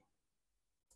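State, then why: Not seated. A loose SD card is pushed back into the card slot of a Pandora 11 handheld game console. There is quiet low handling noise, a brief dip near 0.8 s, then a short bright broadband burst around 0.9 s as the clip ends. Nothing has seated or clicked yet; the card is not yet home.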